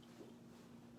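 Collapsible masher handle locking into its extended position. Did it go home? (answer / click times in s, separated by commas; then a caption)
no / none. A collapsible kitchen potato masher is folded and squeezed back up toward its extended position, with only low handling noise over a faint steady hum and a rise in level at the very end. The handle has not locked into place yet; nothing has seated or clicked.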